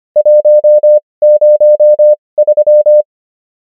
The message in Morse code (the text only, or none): 103